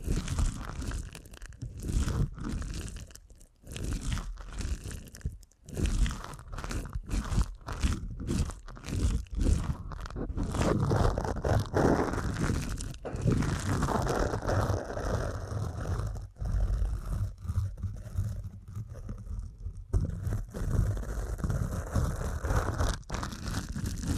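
Ear canal massage sounds fill the clip: dense, crunchy rubbing and crinkling textures with a heavy low rumble, broken by brief silent gaps, most often in the first ten seconds. After that the rubbing runs more continuously, with a softer, muffled tone near twenty seconds.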